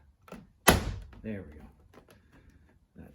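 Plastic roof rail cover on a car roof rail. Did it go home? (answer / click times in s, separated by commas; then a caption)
yes / 0.7 s. A plastic roof rail end cover on a 2019 Honda Passport's roof rail is pressed down so its white plastic tabs snap in. A loud thunk at 0.7 s marks the cover popping into place, followed by a few faint knocks. Someone talks afterward.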